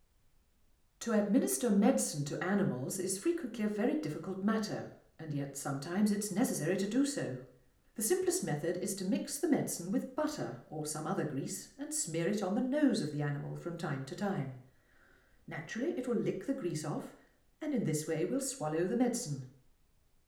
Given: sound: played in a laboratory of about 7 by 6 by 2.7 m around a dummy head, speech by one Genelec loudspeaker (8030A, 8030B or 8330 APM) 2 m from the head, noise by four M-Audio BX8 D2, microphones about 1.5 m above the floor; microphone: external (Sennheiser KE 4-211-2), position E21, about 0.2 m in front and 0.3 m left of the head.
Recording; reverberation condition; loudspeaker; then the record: female speech in English; medium; 60 degrees to the left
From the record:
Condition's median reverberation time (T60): about 510 ms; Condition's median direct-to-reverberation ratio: about -0.5 dB